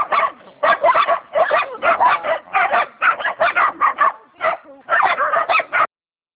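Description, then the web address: Corgi: dog barking in rapid bursts of sharp, harsh yaps, several per second, with short pauses between runs, continuing for about six seconds. "Sadie corgis"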